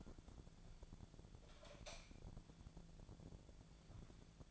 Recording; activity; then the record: daily activity, microphone in the room; light on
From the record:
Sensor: 5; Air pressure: 1000.1 hPa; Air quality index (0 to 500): 100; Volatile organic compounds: 1 ppm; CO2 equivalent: 815 ppm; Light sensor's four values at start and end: 240/570/244/270 and 240/573/244/271